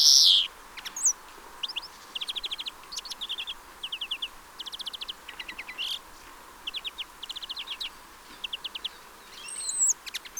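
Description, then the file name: European greenfinch giving repeated short trills of quick metallic notes, each burst lasting under a second, interspersed with sharp high chips and a loud opening chirp. "Chloris chloris"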